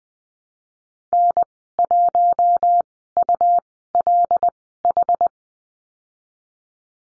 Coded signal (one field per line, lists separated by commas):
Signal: Morse code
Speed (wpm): 19 wpm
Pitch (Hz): 700 Hz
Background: none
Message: N1ULH